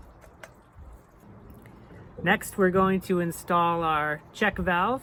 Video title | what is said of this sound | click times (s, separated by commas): Pop up Sprinkler Assembly and Operation | from the bottom so drop that in push until you hear a click | 0.4 s